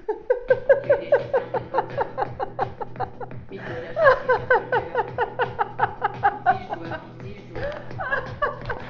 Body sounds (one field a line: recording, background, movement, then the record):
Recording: laughter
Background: music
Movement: sitting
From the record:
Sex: female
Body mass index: 21.8 kg/m2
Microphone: on the chest, facing outward